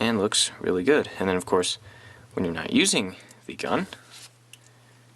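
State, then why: Seated. Someone talks while a plastic toy brick gun's trigger guard is popped into a holster-like clip on a figure, and a brief click is heard at 4.5 s. The gun seats in the clip.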